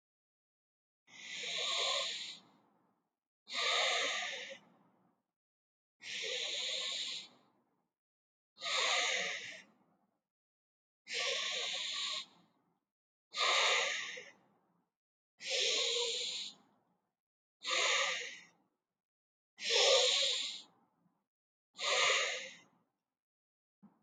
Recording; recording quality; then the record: deep breathing; excellent, no background noise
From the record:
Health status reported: healthy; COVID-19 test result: not tested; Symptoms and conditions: none ticked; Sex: male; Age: 29 years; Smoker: not ticked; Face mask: not worn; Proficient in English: yes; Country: India